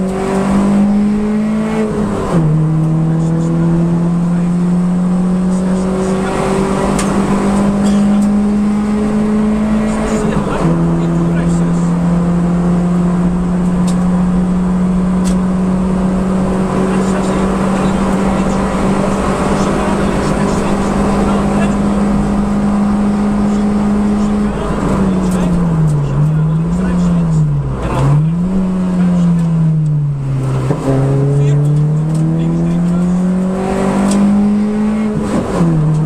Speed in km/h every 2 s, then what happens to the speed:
95, 105, 116, 126, 134, 138, 144, 150, 155, 159, 163, 167, 133, 90, 65, 65, 84, 95.
0-21 speeds up to 167. 21-28 brakes to 65. 30-36 speeds up to 95.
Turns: none.